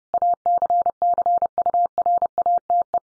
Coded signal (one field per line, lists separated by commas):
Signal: Morse code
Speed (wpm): 30 wpm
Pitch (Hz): 700 Hz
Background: none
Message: ACCURATE